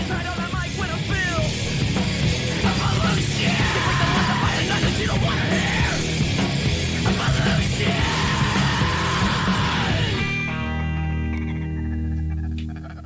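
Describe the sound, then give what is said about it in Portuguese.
A band's loud, distorted demo track with harsh screamed vocals over heavy, dense instrumentation; around ten seconds in the full band drops away, leaving a sparser, steady tonal passage. “Que a princípio é só um grito, mas dentro desse negócio aqui faz total sentido, entendeu?”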